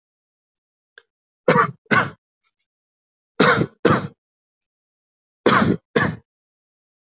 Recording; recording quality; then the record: heavy voluntary cough; excellent, no background noise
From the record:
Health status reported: healthy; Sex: male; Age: 32 years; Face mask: not worn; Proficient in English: yes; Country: India